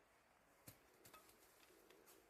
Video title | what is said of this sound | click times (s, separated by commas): Big Foot Capital - Honobia, Ok. | hear the click there it is take it off safety and you're ready to rock and roll here | 0.7 s